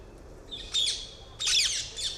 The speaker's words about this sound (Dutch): Ja, ik ben een groot fan van halsbandparkieten. Ik heb respect voor die vogeltjes. Je hebt mij het geluidje opgestuurd.